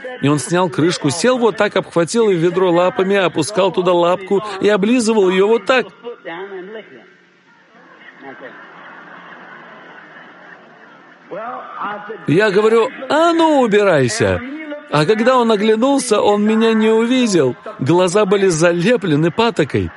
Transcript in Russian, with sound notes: И он снял крышку, сел вот так, обхватил ведро лапами, опускал туда лапку и облизывал её вот так. [Собрание смеётся—Ред.] Я говорю: “А ну, убирайся!” А когда он оглянулся, он меня не увидел — глаза были залеплены патокой.